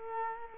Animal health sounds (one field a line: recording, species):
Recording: mosquito wingbeat signal from an infrared sensor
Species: Culex quinquefasciatus